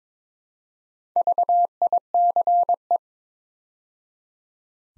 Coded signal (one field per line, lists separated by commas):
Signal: Morse code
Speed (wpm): 22 wpm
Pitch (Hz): 700 Hz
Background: none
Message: VICE